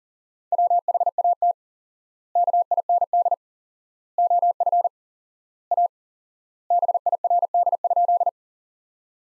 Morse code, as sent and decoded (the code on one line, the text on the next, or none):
.-- .... .- - / -.- .. -. -.. / --- ..-. / .- / -... .. .-. -.. ..--..
WHAT KIND OF A BIRD?